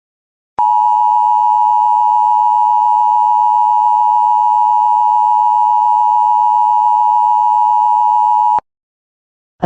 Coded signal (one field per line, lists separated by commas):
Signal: Emergency Alert System (SAME) tones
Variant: 853 and 960 Hz attention tone